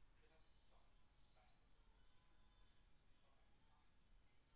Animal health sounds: poultry house recording; no chicken sound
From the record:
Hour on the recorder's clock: 17

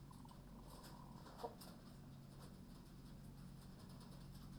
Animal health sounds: poultry house recording; sick chickens (respiratory disease)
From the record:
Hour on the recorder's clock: 21

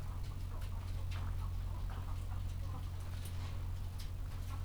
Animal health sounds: poultry house recording; sick chickens (respiratory disease)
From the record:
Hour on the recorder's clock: 14

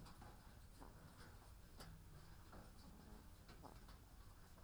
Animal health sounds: poultry house recording; sick chickens (respiratory disease)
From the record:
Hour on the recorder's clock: 13

